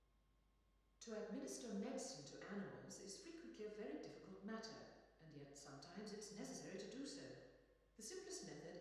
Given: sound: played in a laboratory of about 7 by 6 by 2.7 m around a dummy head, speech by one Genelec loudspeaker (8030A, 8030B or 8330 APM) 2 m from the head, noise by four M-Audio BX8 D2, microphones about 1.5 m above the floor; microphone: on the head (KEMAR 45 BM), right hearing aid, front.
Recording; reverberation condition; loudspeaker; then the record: female speech in English; high; in front (0 degrees)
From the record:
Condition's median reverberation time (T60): about 1300 ms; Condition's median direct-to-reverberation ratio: about -4.0 dB